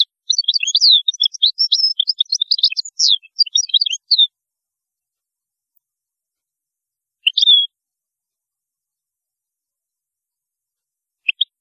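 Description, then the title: European goldfinch song opening with four seconds of rapid tinkling twitter, then silence broken by two brief chirps. "Chant Chardonneret"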